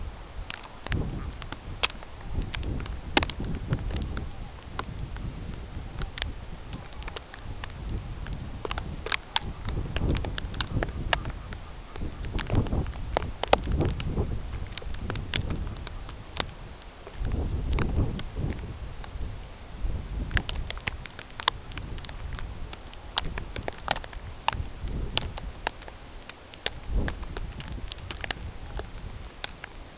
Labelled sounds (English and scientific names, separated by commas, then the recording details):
Brent Goose (Branta bernicla), unidentified sound
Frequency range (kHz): Brent Goose (Branta bernicla) 0.1-2.9 kHz
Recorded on Arctic tundra, site CORI-1, on 16 June 2018
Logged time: 18:00